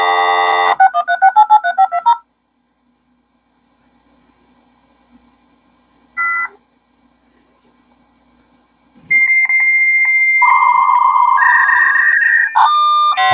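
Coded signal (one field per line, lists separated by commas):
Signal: dial-up modem handshake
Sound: about nine quick dialing beeps, a short ring, then a steady high tone and warbling tones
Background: quiet room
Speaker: we're gonna go ahead and experience that wonderful dial-up sound connecting to the internet in 2023 so I'm going to go ahead and double click my dial-up connection I'm going to go ahead and enter my password here and we're going to click on connect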